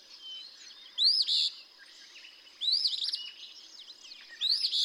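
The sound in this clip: Eastern phoebe singing three harsh, buzzy two-part phrases, each opening with an upslurred note.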